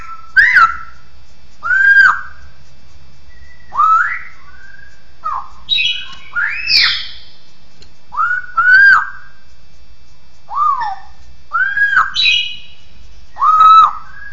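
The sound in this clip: Bird song of loud, arched, harmonic whistled notes rising then falling, repeated many times, with a few higher buzzy notes mixed in.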